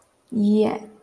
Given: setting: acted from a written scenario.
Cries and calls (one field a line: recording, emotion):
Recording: vocal sound without words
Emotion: pride